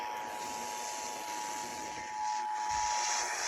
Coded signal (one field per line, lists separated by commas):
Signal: Emergency Alert System (SAME) tones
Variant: 853 and 960 Hz attention tone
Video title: TWO FOR THE PRICE OF ONE - EAS 1059 - 1068